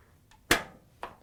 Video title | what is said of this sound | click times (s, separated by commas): Whirlpool Washer Drain Hose WPW10003250 Replacement — fits Maytag/KitchenAid | And then it snaps into place. | 0.5 s